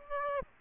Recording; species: mosquito wingbeat signal from an infrared sensor; Aedes aegypti